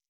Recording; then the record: hydrophone in a shrimp aquaculture tank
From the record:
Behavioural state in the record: stressed